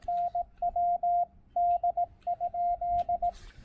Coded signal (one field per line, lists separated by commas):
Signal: Morse code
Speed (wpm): 18 wpm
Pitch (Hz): 700 Hz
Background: radio noise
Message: NW D?